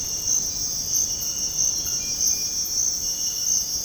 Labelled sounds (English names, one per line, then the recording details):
none
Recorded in dense forest near Puerto Asís, Putumayo, Colombia, on 18 February 2024 at 05:30
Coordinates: 0.486, -76.316
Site G6437